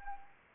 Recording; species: mosquito wingbeat signal from an infrared sensor; Anopheles arabiensis